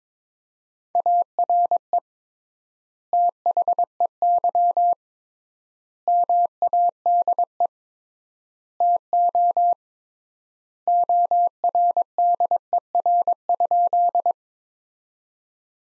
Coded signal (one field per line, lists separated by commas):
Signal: Morse code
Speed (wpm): 22 wpm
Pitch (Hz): 700 Hz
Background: none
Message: ARE THEY MADE TO ORDER?